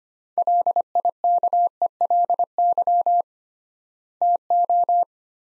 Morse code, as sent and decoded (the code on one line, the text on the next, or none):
.-.. .. -.- . .-.. -.-- / - ---
LIKELY TO